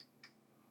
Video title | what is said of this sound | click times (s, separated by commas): Flash Brewing Kegging Kit Assembly Guide - MoreBeer! | So push that all the way on. You hear it click | 0.0 s, 0.2 s